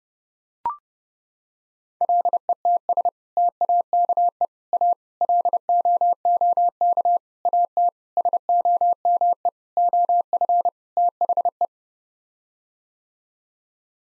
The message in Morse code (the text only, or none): LETS TAKE A LOOK AT SOME OF THE